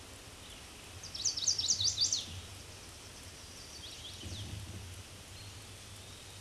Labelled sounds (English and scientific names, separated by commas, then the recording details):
Chestnut-sided Warbler (Setophaga pensylvanica) song
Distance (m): 65 m
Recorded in a Pennsylvania forest on 18 May 2023 at 06:21
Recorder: AudioMoth, point grid1_25_low
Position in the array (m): 120 m, 209 m